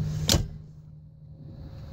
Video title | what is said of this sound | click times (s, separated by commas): 2017 Honda Ridgeline RTL AWD: Start Up, Test Drive, Exhaust and Review | and these just fold down and click into place when you put the seat back down | 0.3 s